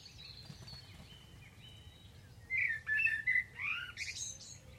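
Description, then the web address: Bird calls: faint thin whistles at first, then a quick series of louder squeaky chirps, some dropping in pitch, against low background noise. "Deverinetal. Bird Only"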